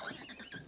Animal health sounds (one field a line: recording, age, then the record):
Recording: pig call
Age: piglet (1 to 25 days)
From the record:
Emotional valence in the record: negative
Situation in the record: short isolation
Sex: male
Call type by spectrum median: high-frequency call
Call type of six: high-frequency stable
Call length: 0.68 s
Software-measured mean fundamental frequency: 285 Hz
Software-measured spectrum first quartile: 3735 Hz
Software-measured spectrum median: 6808 Hz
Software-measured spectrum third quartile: 8698 Hz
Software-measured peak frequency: 7725 Hz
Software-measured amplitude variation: 161 dB a second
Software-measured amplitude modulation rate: 20.8 a second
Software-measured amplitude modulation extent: 7.8 dB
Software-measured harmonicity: 4.8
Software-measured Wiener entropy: -2.28